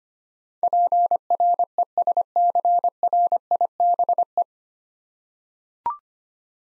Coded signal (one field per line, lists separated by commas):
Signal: Morse code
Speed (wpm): 25 wpm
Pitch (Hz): 700 Hz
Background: none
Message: PRESCRIBE